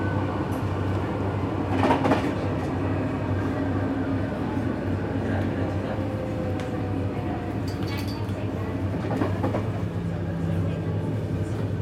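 A train rattles along the tracks on an evening ride, a steady low rumble with dense clattering throughout. Brief sharper clanks come around two, eight and nine seconds, and faint voices murmur now and then beneath the noise.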